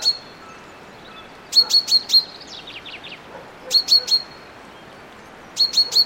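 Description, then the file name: Common chaffinch calling in brisk bursts of three or four high, clipped notes roughly every two seconds, with a soft run of trilled notes after the first burst. "Fringilla coelebs"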